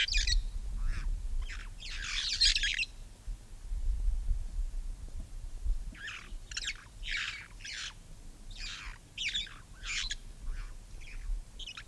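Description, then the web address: Red-fronted parrot calls, a loud grating screech and scattered short squawks, then a quick run of harsh, clipped notes in close succession. "parrots poicephalus-gulielmi"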